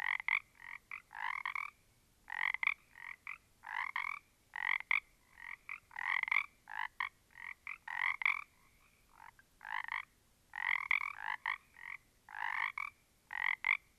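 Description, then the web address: Frogs calling, short raspy croaks in clustered bursts separated by brief silences. A small group of frogs. "static audio olofonia Small Group of Frogs"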